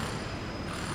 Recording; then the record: background sound without coughing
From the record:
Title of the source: 30 MINUTES Construction Site Ambience (CC BY 4.0)